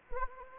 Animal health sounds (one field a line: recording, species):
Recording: mosquito wingbeat signal from an infrared sensor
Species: Anopheles arabiensis